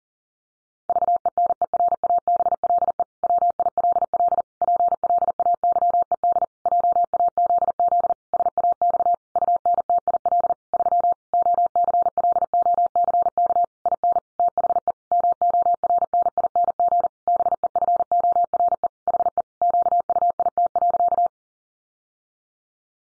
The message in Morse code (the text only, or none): VENERABLE WILL PLAYED JAZZ SAX UNTIL 3 OCLOCK IN THE MORNING BEFORE HE QUIT.